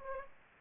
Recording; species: mosquito wingbeat signal from an infrared sensor; Aedes aegypti